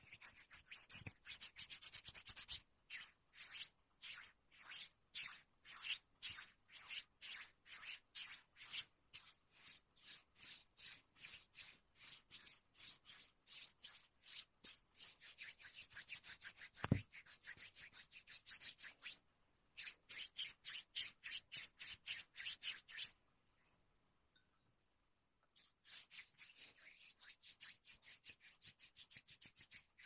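Skin being rubbed in quick, regular strokes, each one a short, bright, hissing swish, about two to three per second. The rhythm runs steadily with a single dull thump near the middle, then stops for a couple of seconds before resuming toward the end.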